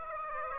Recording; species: mosquito wingbeat signal from an infrared sensor; Aedes aegypti